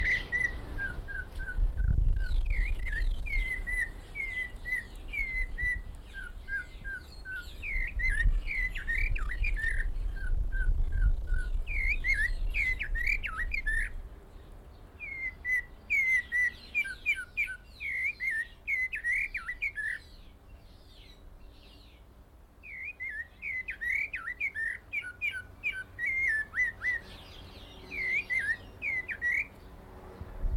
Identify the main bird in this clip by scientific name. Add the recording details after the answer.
Cossypha niveicapilla. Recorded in captivity. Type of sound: song, call, call sequence, twittering. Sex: male. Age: adult. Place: Zoo Berlin, Berlin, DE. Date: 1992-11-07 11:04. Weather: bedeckt, 14°C. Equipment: Marantz CP 430, Sennheiser ME 80, Kopie Tesla B 116. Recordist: Tembrock, Günter. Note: Gesang (ca. 1 m)